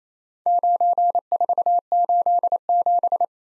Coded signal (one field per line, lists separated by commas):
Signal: Morse code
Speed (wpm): 27 wpm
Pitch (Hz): 700 Hz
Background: none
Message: 9487